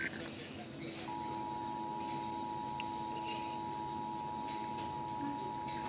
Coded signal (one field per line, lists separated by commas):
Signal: Emergency Alert System (SAME) tones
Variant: 853 and 960 Hz attention tone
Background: speech